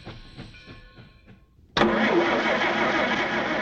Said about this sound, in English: Is it a train or a car? It's a car. Very good. Listen. This is a car. It's a big car.